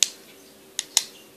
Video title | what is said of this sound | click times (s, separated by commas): Safely sit your vintage Betsy McAll doll! | that click that's back in a place and now they're not gonna fall forwards | 0.0 s, 0.8 s, 1.0 s